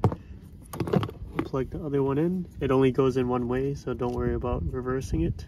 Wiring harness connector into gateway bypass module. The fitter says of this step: you hear that click you know it's secured